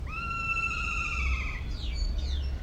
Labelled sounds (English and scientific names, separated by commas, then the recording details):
Kea (Nestor notabilis)
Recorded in captivity
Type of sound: cry
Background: Padda fuscata
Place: Zoo Berlin, Berlin, DE
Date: 1994-10-01 12:09
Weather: wolkig (Regen)-heiter, 12°C
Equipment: Marantz CP 430, Sennheiser ME 80, Kopie Uher Variocord 263
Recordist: Tembrock, Günter
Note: Modulierter Langlaut im Hintergrund der Reisfink-Aufnahme